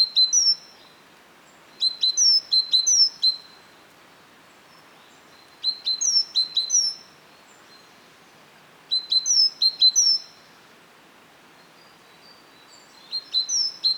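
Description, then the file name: Great tit with short bursts of high, sharp repeated notes, spaced by longer pauses over a faint steady background. "Parus major"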